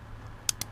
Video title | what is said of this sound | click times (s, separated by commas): 2011 dodge caravan tipm fuel pump relay repair | gonna put it back in and it just snaps right in just | 0.5 s